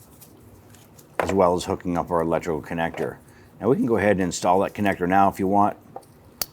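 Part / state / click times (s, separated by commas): electrical connector onto engine component / seated / 6.4 s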